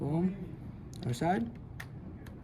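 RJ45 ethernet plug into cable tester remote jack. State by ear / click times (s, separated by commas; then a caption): seated / 1.8 s. A man talks as the RJ45 plug on the other end of a Cat5e ethernet cable is pushed into the remote jack of a cable tester. A sharp click at 1.8 s marks the plug seating, followed by a fainter tick at 2.3 s.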